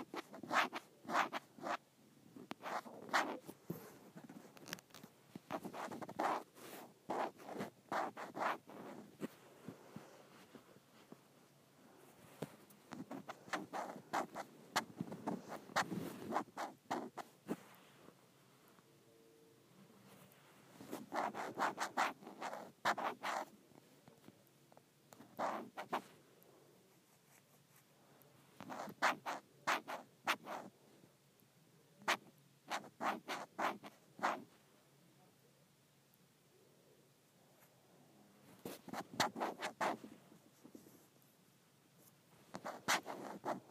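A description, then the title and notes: Scratching on an iPad case comes in uneven bursts of rough, crackly strokes, with short quiet gaps around 20, 27 and 35 seconds. ASMR Scratching my iPad Case.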